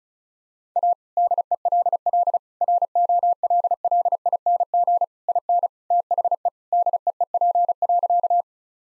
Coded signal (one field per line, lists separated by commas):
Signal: Morse code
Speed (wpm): 34 wpm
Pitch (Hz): 700 Hz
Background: none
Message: A DELL ROLLING IN THE DEEP.